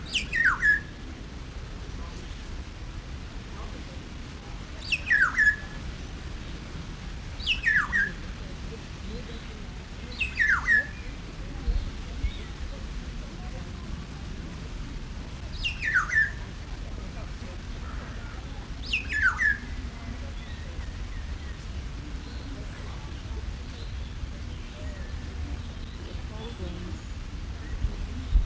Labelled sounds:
Black-naped Oriole (Oriolus chinensis)
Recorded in captivity
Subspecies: celebensis
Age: adult
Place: Zoo Berlin, Berlin, DE
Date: 1994-08-06 12:38
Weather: wolkig bis heiter, 24-28°C
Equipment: Marantz CP 430, Sennheiser ME 80, Kopie Uher Variocord 263
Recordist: Tembrock, Günter

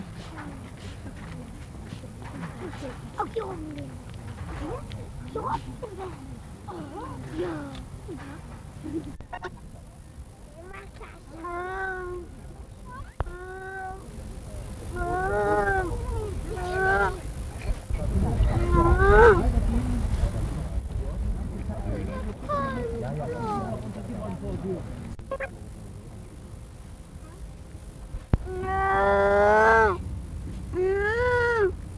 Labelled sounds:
Grey Seal (Halichoerus grypus) call
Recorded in captivity
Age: juvenile
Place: Zoo Rostock, Mecklenburg-Vorpommern, DE
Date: 1962-05-06 10:00
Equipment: Minifon, Kopie Smaragd
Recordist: Tembrock, Günter

